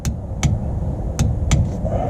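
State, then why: Torque reached. A click-type torque wrench tightens a bolt on the differential of a Jeep Grand Cherokee WK2 and clicks at its set torque, with sharp clicks at 0.1, 0.4, 1.2 and 1.5 seconds over a low rumbling background. The wrench was clicked repeatedly to be sure, and the bolt still moved a little.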